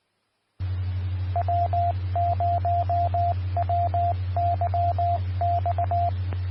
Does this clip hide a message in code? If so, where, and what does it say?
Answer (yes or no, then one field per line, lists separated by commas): yes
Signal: Morse code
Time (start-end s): 1.4-6.1 s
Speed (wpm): 19 wpm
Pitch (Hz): 700 Hz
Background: none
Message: W0WYX